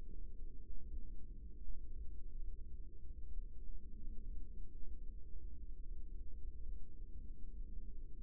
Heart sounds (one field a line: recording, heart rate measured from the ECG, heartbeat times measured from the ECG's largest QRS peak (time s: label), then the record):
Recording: heart sounds by microphone in the right ear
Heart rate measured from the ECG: 73 bpm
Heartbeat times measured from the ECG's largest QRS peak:
0.14 s: heartbeat
0.90 s: heartbeat
1.61 s: heartbeat
2.39 s: heartbeat
3.28 s: heartbeat
4.21 s: heartbeat
5.04 s: heartbeat
5.82 s: heartbeat
6.63 s: heartbeat
7.49 s: heartbeat
From the record:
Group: healthy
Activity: rest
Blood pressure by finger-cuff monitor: 108/68 mmHg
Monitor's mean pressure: 86 mmHg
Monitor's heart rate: 72 bpm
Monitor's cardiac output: 6 L/min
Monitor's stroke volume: 82 mL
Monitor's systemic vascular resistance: 1060 dyn s/cm5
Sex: female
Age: 24 years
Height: 163 cm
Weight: 55.7 kg